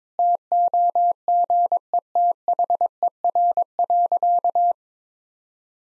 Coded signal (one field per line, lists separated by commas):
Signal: Morse code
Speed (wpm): 22 wpm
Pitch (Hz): 700 Hz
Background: none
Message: TOGETHER.